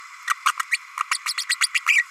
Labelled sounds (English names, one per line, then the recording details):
Green-rumped Parrotlet babbling
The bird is a female
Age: 32 days
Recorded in a nest box in Venezuela
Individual 17B32A5